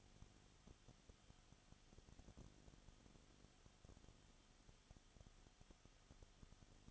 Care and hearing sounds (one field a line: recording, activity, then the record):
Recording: daily activity, microphone in the room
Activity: no activity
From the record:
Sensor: 4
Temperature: 22.7 degrees Celsius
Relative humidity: 31.7%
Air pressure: 995.4 hPa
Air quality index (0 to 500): 158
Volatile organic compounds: 2 ppm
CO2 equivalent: 1256 ppm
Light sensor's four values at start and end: 2/3/1/1 and 2/3/1/1